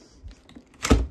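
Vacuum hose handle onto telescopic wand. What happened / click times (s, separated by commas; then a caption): A wand handle clicks but is not fully locked / 0.9 s. A vacuum hose handle on a Riccar Prima Tandem Air canister (PRIMAP.8T) is clicked onto the telescopic wand. A few faint ticks come before a sharp, loud click at 0.8 s (0.85 s). The handle clicks but its push pin has not actually locked, and it only locks after being pushed down further and wiggled.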